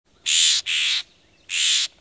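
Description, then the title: Scrub jay giving harsh, scratchy calls, two close together and a third after a short pause. "Scrub Jays: From one species to four"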